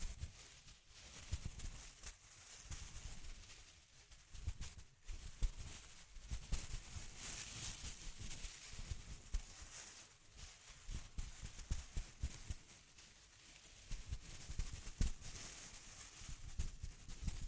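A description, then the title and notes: Intense close-up crinkles rustle almost nonstop, bright and crackly with dense tiny snaps, swelling and easing, plus soft low thumps throughout. ASMR Intense Close-Up Crinkles (No Talking).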